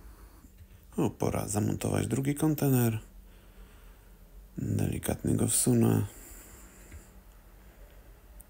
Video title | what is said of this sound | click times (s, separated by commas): UNBOXING: #AAE #DHL #Roco #Roco76421 #T2000 | znaczy powinien się tak w kliknąć No | 8.4 s